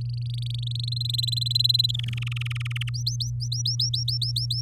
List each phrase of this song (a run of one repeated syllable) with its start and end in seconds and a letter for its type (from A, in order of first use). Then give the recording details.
0.01-0.98 A, 1.00-1.96 B, 1.99-2.89 C, 2.94-4.61 D. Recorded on 7 May 2018 at 14:24. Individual llb16